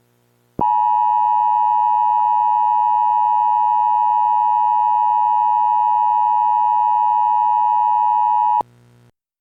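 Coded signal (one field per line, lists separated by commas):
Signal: Emergency Alert System (SAME) tones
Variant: 853 and 960 Hz attention tone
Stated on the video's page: Simulated EAS scenario for a fictional containment breach.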